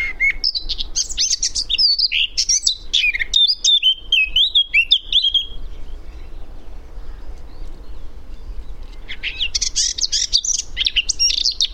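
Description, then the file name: Eurasian blackcap song: a fast scratchy warble sliding into clear fluted notes for about six seconds, then a fresh chattering phrase begins after a pause of about three seconds. "Sylvia atricapilla"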